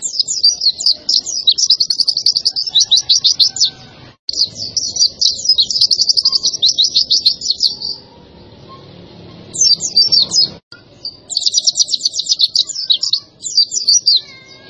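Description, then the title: White-eye song, sustained fast high trills delivered in long runs broken by brief pauses, with low background hum. White-eye (pleci) song used as a training recording (masteran) for cage birds, described as gacor, meaning continuous energetic singing. "Pleci Gacor 02. Masteran Burung PLECI Paling DICARI Untuk Cetak PRESTASI"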